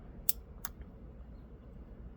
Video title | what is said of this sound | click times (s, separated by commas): DIY KIA SPORTAGE 2012 FIXING WINDOW SWITCH | You once you hear the clicking sound, it's good. | 0.3 s, 0.6 s